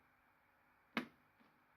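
The visor of a Nexx X-Vilitur motorcycle helmet is pushed down onto the chin guard and held close, giving a single sharp click at 0.97 s as it shuts fully home into its closing latch, followed by a much fainter tick around 1.4 s over a quiet background. The latch is seated; closing the visor one-handed does not produce this extra click.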